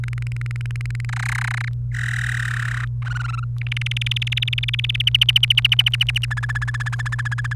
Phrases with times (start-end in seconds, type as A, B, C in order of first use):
0.04-1.05 A, 1.09-1.69 B, 1.95-2.85 C, 3.02-3.44 D, 3.61-5.02 E, 5.07-6.25 F, 6.31-7.53 G